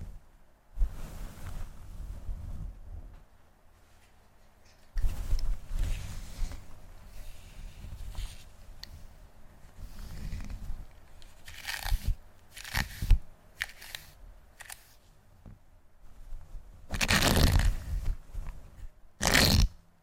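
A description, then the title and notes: Hair handling and brushing: low rustling swells, soft crunches, and sharp bright brush strokes clustering near 12–14 and 17–20 seconds. ASMR HEAHAIR Wig Review Hair Play & Hair Brushing.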